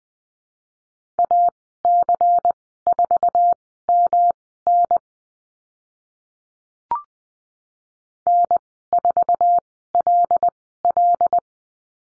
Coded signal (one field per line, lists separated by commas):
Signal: Morse code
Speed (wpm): 20 wpm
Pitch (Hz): 700 Hz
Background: none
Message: AC4MN N4LL